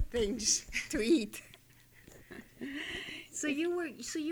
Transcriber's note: she laughs